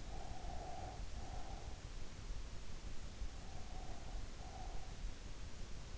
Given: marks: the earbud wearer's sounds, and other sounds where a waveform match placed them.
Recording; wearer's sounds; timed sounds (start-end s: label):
sounds in sleep by an in-ear microphone; breath
0.04-1.75 s: breath
3.36-4.95 s: breath